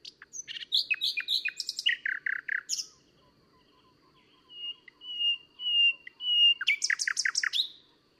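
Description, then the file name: Common nightingale song: rapid repeated chirps and a descending series of notes, a pause, then long pure whistles swelling in loudness before a fast, rich rattling trill. "Luscinia megarhynchos"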